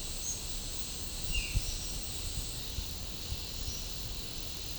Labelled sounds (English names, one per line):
none